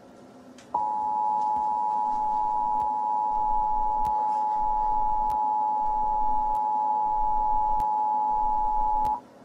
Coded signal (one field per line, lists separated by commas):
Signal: Emergency Alert System (SAME) tones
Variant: 853 and 960 Hz attention tone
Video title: Rosie scares caillou with a fake EAS alert and gets grounded